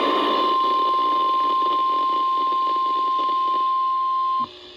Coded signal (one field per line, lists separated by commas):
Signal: Emergency Alert System (SAME) tones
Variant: 1050 Hz attention tone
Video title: TROPICAL STORM WARNING for Los Angeles (EAS #44)